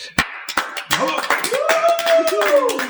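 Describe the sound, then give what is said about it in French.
Scattered, irregular hand claps from a crowd welcoming guests at the Paris branch of the Gentlemen Bullmoose Club, mixed with voices calling and cheering over them, lasting a few seconds at a steady, lively level. “Je suis entouré ce soir de plusieurs gentlemen que je vous demande d'accueillir comme il se doit.”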